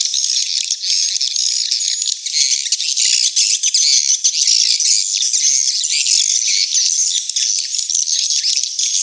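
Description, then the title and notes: Swiftlet calls in a thick, steady chorus of high, rasping chirps and twitters with no pauses. Swiftlet house lure sounds, AKAU brand, Tien Giang, Vietnam. "Am thanh nha yen Akau Vietnam - Tien giang. Những âm thanh chim yến thuộc thương hiệu AKAU"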